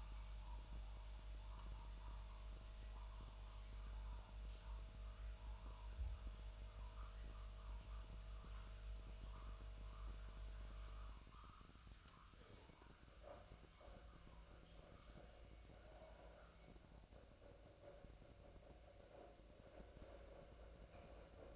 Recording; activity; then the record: daily activity, microphone in the room; make coffee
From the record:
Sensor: 2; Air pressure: 1009.2 hPa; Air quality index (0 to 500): 187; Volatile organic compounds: 11 ppm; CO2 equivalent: 2320 ppm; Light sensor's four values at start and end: 24/59/25/27 and 24/59/25/27